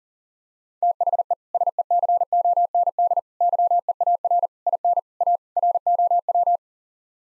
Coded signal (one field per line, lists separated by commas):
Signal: Morse code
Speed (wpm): 37 wpm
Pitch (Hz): 700 Hz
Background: none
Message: THE SECOND YEAR IN A ROW